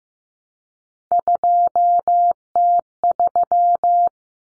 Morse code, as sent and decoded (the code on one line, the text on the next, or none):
..--- - ...--
2T3